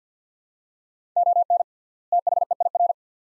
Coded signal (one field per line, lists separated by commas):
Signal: Morse code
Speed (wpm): 50 wpm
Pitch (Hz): 700 Hz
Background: none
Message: ON THEIR